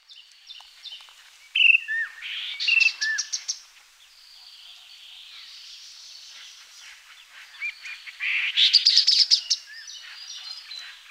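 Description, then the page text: Chestnut-capped babbler calls: clear whistled notes and downslurred chirps in two loud bursts, around two and nine seconds. "Chestnut-Capped Babbler Calls. Quick Sounds"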